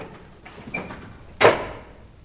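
A door is pushed shut: soft scraping and creaking movement first, then one sharp, loud knock of the door meeting its frame that quickly fades into quiet.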